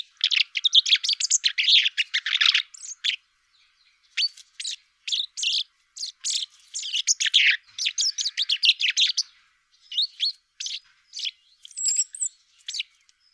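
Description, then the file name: Common chaffinch: a dense run of quick high notes, then scattered chirps, another fast run around the middle, and more scattered chirps. At Kroondomein on 6 March 2022 at 09:57 in the morning. "Vink Kroondomein 6 maart 2022 09 uur 57"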